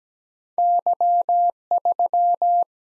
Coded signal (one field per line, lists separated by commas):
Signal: Morse code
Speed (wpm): 17 wpm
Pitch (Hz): 700 Hz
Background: none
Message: Y 3